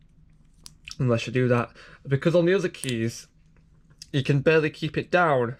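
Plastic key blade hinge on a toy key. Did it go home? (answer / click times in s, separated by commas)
released / 0.7 s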